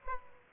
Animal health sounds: mosquito wingbeat signal from an infrared sensor; Aedes aegypti

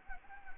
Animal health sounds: mosquito wingbeat signal from an infrared sensor; Anopheles gambiae

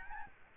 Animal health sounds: mosquito wingbeat signal from an infrared sensor; Aedes albopictus

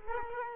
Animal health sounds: mosquito wingbeat signal from an infrared sensor; Culex quinquefasciatus

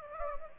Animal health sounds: mosquito wingbeat signal from an infrared sensor; Anopheles gambiae

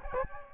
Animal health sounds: mosquito wingbeat signal from an infrared sensor; Aedes albopictus

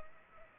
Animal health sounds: mosquito wingbeat signal from an infrared sensor; Culex pipiens

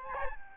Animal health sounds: mosquito wingbeat signal from an infrared sensor; Aedes albopictus

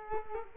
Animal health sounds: mosquito wingbeat signal from an infrared sensor; Culex quinquefasciatus

